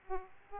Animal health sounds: mosquito wingbeat signal from an infrared sensor; Aedes aegypti

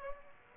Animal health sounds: mosquito wingbeat signal from an infrared sensor; Aedes aegypti

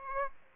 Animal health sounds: mosquito wingbeat signal from an infrared sensor; Aedes aegypti

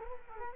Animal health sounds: mosquito wingbeat signal from an infrared sensor; Culex quinquefasciatus

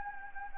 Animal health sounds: mosquito wingbeat signal from an infrared sensor; Anopheles gambiae

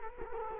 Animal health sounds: mosquito wingbeat signal from an infrared sensor; Culex quinquefasciatus

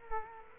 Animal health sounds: mosquito wingbeat signal from an infrared sensor; Culex quinquefasciatus

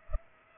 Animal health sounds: mosquito wingbeat signal from an infrared sensor; Culex pipiens

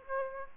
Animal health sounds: mosquito wingbeat signal from an infrared sensor; Aedes aegypti

